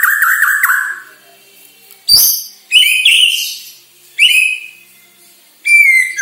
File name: Sara Pancingan Murai Batu Borneo Agar Gacor Dor